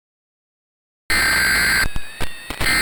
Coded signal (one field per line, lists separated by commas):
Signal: Emergency Alert System (SAME) tones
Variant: header bursts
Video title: The Last Breath | ASTEROID IMPACT EAS SCENARIO | DOOMSDAY ANALOG HORROR SCENARIO